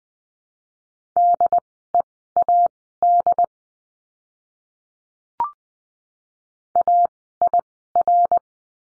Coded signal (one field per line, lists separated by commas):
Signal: Morse code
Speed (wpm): 20 wpm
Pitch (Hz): 700 Hz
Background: none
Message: DEAD AIR